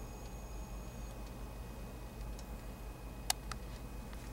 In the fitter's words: and they easily you cut them and they snap into place